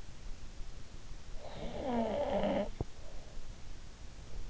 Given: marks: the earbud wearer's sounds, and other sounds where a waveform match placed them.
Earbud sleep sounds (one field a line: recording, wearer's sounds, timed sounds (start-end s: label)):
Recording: sounds in sleep by an in-ear microphone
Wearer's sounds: snoring breath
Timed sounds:
1.06-3.23 s: snoring breath